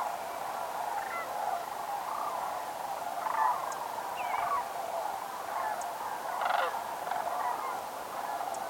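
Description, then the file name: Sandhill crane flock calling, a dense chorus of overlapping rolling, trumpeting calls that continues throughout, with a few louder rattling notes standing out. "Grus canadensis - Sandhill Crane"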